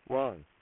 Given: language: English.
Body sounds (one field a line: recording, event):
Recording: throat vibration sensor signal played as sound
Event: speech